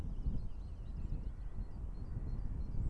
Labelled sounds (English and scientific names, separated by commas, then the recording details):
Great Tit (Parus major)
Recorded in Germany
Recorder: ecoPi